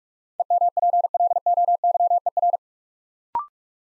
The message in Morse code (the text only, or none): EMPLOYER